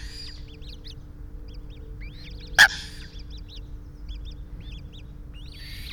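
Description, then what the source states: Eurasian coot giving a single loud, sharp call midway, surrounded by soft high peeping and drawn-out squealing notes, with a low hum throughout. Family group, Enfield.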